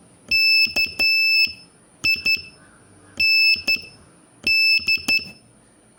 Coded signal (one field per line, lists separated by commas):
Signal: Morse code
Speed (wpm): 11 wpm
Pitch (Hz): 2650 Hz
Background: none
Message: KIND